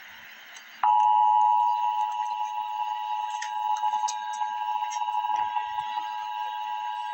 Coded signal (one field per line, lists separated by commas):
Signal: Emergency Alert System (SAME) tones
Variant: 853 and 960 Hz attention tone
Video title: Emergency Alert System - Wind Advisory - Mar 4, 2025 at 1:51 PM EST